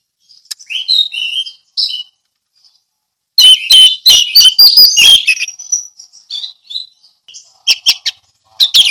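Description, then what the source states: Orange-headed thrush song: varied warbled and whistled phrases, then a burst of sharp clicking, rattling notes, with short pauses between bursts. Song in the ngeplong style.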